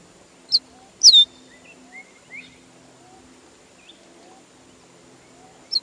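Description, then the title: Bird giving sharp high downslurred whistles and short notes spaced irregularly, with fainter chirps and a steady high background tone. "LuckyPassaro Completos2Sama"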